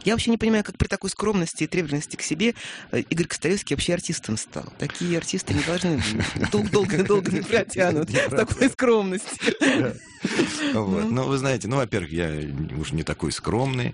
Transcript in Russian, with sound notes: Я вообще не понимаю, как при такой скромности и требовательности к себе Игорь Костолевский вообще артистом стал. Такие артисты не должны… долго… долго не протянут. (смеются) С такой скромностью.
Вот, ну Вы знаете, ну, во-первых, я уж не такой скромный…